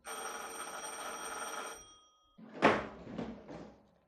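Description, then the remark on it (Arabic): A doorbell at an apartment rings with a sustained, bright electric tone for nearly two seconds, then stops; after a short pause come several clattering thumps, like a door latch and the door being opened. “في يوم كنت في شقتي وكان برع جوزي في الشغل، سمعت جرس الباب.”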